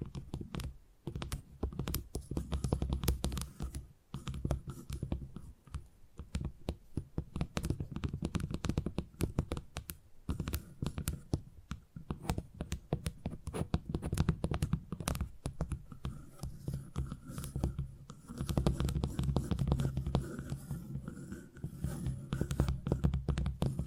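Quick, dense tapping runs throughout in irregular bursts of sharp clicks over a low thudding body, with brief gaps near one and six seconds.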